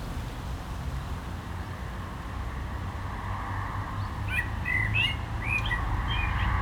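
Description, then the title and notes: Common blackbird singing short warbled phrases in the second half, with a steady low rumble of road traffic throughout. Singing in a barranco at Agaete, Las Palmas, Spain, with cars on a nearby road; recorded with DPA 2006c microphones in AB position into a MixPre-3. "Agaete, Las Palmas, Espagne - Blackbird singing in the barranco. Un merle chante dans le barranco, voitures sur la route pas loin"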